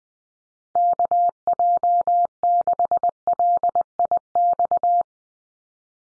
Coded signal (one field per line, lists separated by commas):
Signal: Morse code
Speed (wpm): 20 wpm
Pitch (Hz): 700 Hz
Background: none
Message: KJ6LIX